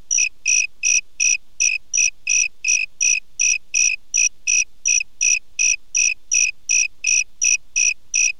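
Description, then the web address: Cricket chirping: short, even, high trilled chirps repeated steadily about three times a second, with no other sounds. "le bruit des grillons"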